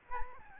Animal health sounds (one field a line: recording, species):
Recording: mosquito wingbeat signal from an infrared sensor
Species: Aedes albopictus